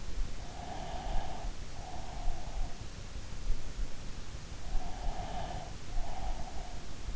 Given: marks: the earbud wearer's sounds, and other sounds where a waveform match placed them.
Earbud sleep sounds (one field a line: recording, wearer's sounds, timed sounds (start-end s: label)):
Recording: sounds in sleep by an in-ear microphone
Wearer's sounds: breath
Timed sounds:
0.59-2.79 s: breath
4.84-7.16 s: breath